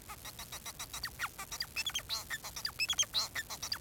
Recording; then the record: song of a male Bengalese finch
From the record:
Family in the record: son of father 4